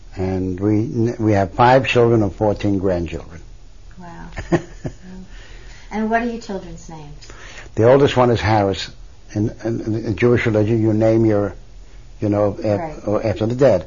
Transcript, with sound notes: and we have five children and fourteen grandchildren. ( he laughs )
And what are your children's names?
The oldest one is Harris, and in the Jewish religion you name your, you know, after the dead.